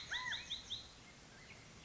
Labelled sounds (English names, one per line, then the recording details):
Black-headed Grosbeak
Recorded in Sonoma County, California